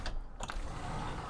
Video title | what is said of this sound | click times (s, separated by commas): Brooke's Next Boat: Jeanneau Merry Fisher 1095 Walk-through | it clicks in place to secure the doors open | 0.5 s